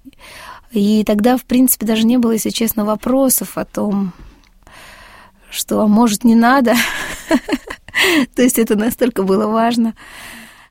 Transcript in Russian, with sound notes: И тогда в принципе даже не было, если честно, вопросов о том, что, может, не надо (смеется) — то есть, это настолько было важно...